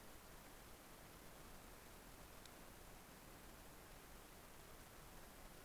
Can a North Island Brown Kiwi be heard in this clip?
no